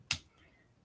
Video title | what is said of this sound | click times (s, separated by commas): Building from the backlog, Shang-Chi! | can you hear them clicking so they use these parts quite a bit in | 0.1 s